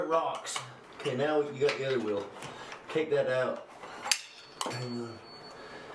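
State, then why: Not seated. During a window install, a window sash is handled at the frame's tilt latches after a wheel part is taken out, while someone talks. A short, sharp knock stands out near 4.1 s among quieter handling noises, but nothing has seated or clicked into place yet.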